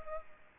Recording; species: mosquito wingbeat signal from an infrared sensor; Culex pipiens